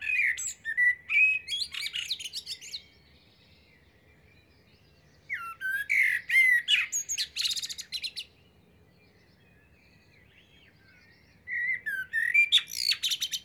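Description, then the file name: Common blackbird singing three warbled phrases roughly every six seconds, each mixing mellow whistles with scratchy high-pitched twittering, separated by quiet gaps. "Turdus merula"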